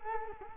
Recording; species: mosquito wingbeat signal from an infrared sensor; Culex quinquefasciatus